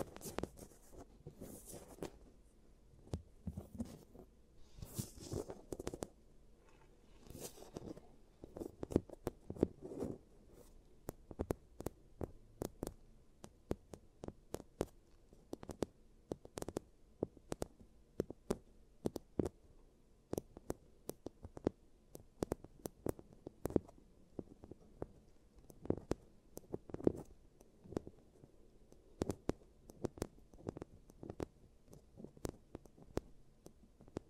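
ASMR teeth treatment sounds: a steady stream of sharp clicks and taps, irregular but frequent throughout. The first several seconds bring brighter, scratchier bursts mixed in, after which the tapping thins slightly to crisp knocks over a low, quiet rumble.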